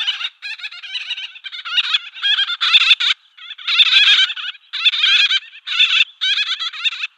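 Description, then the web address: Gull-billed tern calls: harsh nasal rasping notes in bursts of chatter, about one burst a second with short pauses. "Schulze Peter Gull-billed Tern"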